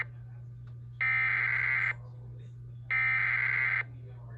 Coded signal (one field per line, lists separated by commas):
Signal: Emergency Alert System (SAME) tones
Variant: header bursts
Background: speech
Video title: EAS 876: LWX FLW